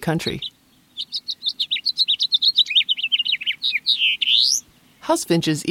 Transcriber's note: Song of House Finch